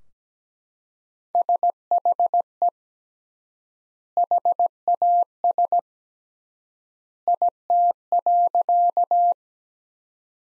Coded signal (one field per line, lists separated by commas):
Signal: Morse code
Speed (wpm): 17 wpm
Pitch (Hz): 700 Hz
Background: none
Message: SHE HAS IT.